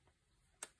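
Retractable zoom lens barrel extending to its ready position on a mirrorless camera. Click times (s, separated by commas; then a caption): 0.6 s. The zoom ring of a retractable Canon 18-45mm kit zoom lens, mounted on a mirrorless camera, is twisted to extend the barrel from its collapsed state into the ready-to-shoot position. After quiet handling, a single sharp click sounds at 0.6 s. The barrel seats in its ready position.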